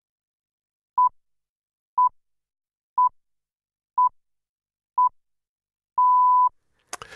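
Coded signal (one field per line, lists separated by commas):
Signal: radio time signal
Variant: time pips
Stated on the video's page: BBC radio time signal pips, including heritage pips, from the centenary broadcasts.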